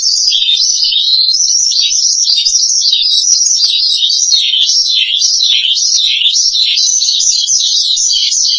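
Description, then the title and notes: Starling song, lively high warbling with swooping, rising and falling notes strung together without a break. "suara burung jalak"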